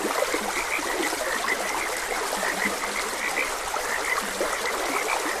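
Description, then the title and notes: Overlapping frog croaks, bright and rapid, with scattered lower croaks and a continuous wash of stream water. Frogs croaking beside a gentle stream. "Gentle Stream and Frogs Croaking. Sleep and Relaxation Podcast"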